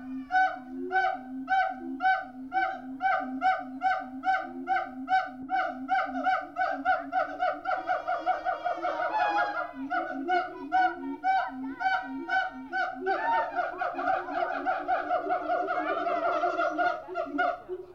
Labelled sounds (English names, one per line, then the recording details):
Siamang
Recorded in captivity
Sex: diverse
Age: diverse
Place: Zoo Berlin, Berlin, DE
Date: 1987-08-13
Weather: bedeckt
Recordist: Tembrock, Günter